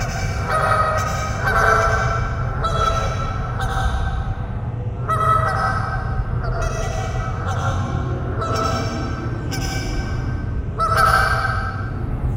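Goose: geese honking in loud, harsh, barking calls, a burst about every second, with echo trailing the notes, over a steady low rumble.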